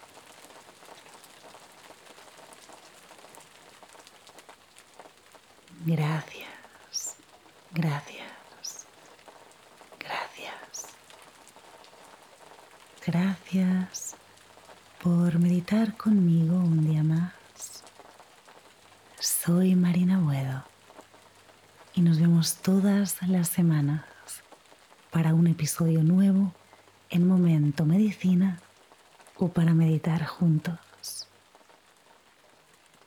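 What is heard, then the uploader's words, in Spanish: Steady soft rain hisses throughout, while a man's voice speaks in short bursts from about six seconds on, growing more frequent later. Meditación con SONIDO de LLUVIA. Sonido de la lluvia.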